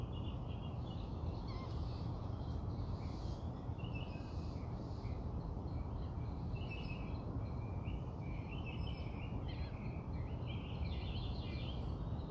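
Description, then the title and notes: Birds singing, with bursts of high chirps and short twittering phrases throughout, over a steady low rumble of background noise. Birds singing outside the narrator's house. "Bird Songs Part Two. More bird songs outside my house"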